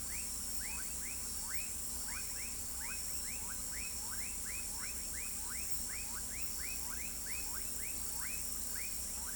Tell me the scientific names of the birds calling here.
none